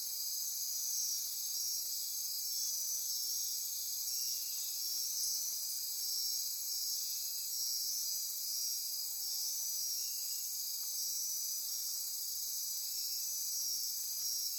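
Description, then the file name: Insects in a dense night chorus, continuous high-pitched shrilling and ringing with overlapping pulsed trills, steady throughout without pause. Insect chorus recorded at midnight near Corcovado. "Wind-is-the-Original-Radio-Fridays 20240628 Andy-Martin Midnight-Insect-Chorus-Near-Corcovado"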